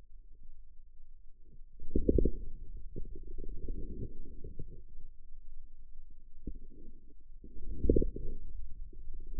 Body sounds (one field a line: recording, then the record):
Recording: forearm muscle sounds (acoustic myography)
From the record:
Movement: outward rotation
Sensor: system 2, bracelet of six BSWA MPA416 microphones around the upper forearm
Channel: 5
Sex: male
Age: 22 years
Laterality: right